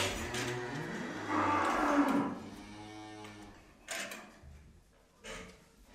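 Cow giving a rough moo that swells and fades over about three seconds, followed by a couple of short knocks.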